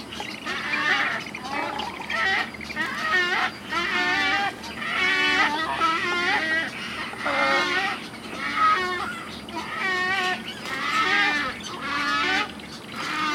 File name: Wood stork